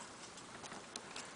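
After cleaning inside a PS2, the small plastic top cover is pressed back onto the console's disc drive assembly over a steady hiss. A sharp snap at 1.0 s marks it seating in place, followed by a softer tick at 1.2 s.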